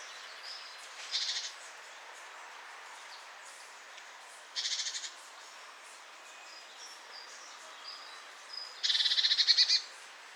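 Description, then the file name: Great tit churring calls: three short, buzzy, rattling bursts spaced a few seconds apart, the last one longest, over a steady hiss with faint high thin notes. "Parus major"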